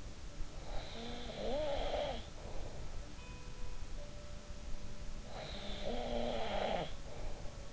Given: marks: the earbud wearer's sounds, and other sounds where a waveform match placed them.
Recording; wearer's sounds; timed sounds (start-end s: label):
sounds in sleep by an in-ear microphone; snoring breath
0.62-2.96 s: snoring breath
3.38-7.73 s: sound from someone else or the room
5.37-7.73 s: snoring breath